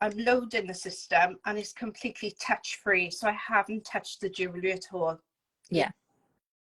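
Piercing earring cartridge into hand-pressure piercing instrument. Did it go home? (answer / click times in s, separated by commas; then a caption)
no / none. A sterile piercing cartridge holding an earring and its back is being loaded, without touching the jewellery, into a Studex hand-pressure piercing instrument while someone talks. Nothing has seated or clicked yet; the cartridge is still being handled and is not yet home.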